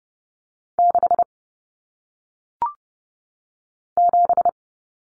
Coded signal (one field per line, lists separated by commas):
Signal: Morse code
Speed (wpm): 30 wpm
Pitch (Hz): 700 Hz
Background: none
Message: 6 7